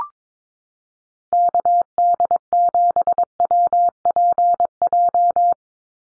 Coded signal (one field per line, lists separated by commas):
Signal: Morse code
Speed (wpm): 22 wpm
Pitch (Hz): 700 Hz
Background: none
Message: KD7WPJ